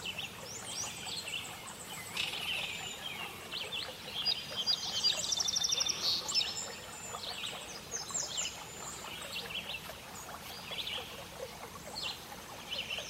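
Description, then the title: Birds sing a busy chorus of high chirps, whistles and a quick repeated trill near five seconds, all over continuous background hiss. Birdsong recorded at a lake and forest. "Relaxing Birdsong - HD Lake and Forest"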